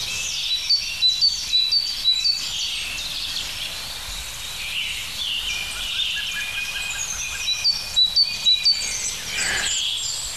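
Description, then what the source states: Great tit song: bright, high paired notes repeated in quick bursts near the start and again late on, with other birds singing behind. Song described as bright, clear and pure, the brightest among the tits.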